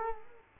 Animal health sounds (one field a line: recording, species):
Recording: mosquito wingbeat signal from an infrared sensor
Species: Culex quinquefasciatus